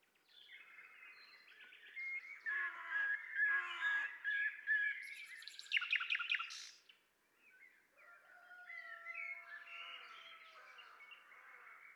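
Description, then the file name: Common nightingale singing a dense run of harsh, scratchy notes that ends in a quick loud rattle, followed by softer warbling and a long low whistle. "Luscinia megarhynchos"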